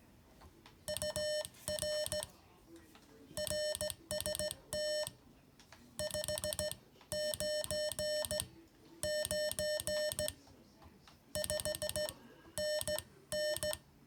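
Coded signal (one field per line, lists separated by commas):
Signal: Morse code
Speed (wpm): 16 wpm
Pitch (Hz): 600 Hz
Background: music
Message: UR RST 599 5NN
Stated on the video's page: Morse code lesson, homework for the third session of a learning series.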